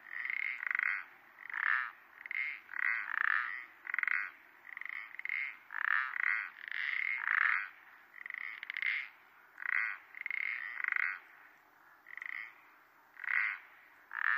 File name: pelodyte-ponctué